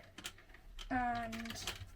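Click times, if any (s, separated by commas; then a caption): none. Another PTFE filament tube is handled at a feeder port on an AMS Lite, producing a few light taps and rustles in the first half second while someone talks. Nothing has seated or clicked yet; the tube is not yet home when the clip ends.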